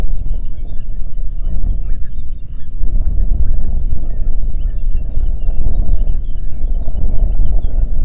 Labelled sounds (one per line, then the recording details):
songbird
wind
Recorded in the Prudhoe Bay oil fields, Alaska, on 8 June 2019 at 04:27
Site 30